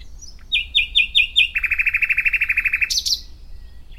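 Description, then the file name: Common nightingale song: a few repeated whistled notes, then a long rapid series of throbbing lower notes, ending in a short high flourish. "Luscinia megarhynchos"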